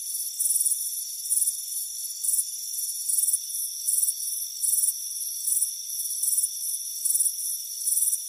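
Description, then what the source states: Cricket chirps come in bright, buzzy bursts about once a second, over a continuous high-pitched hum. Soothing cricket chirping on a warm afternoon on a front porch.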